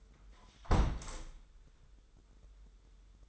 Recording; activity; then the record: daily activity, microphone in the room; close window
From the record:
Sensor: 3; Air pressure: 995.7 hPa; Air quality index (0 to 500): 96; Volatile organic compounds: 13 ppm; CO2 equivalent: 2401 ppm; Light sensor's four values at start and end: 28/82/35/30 and 27/83/35/30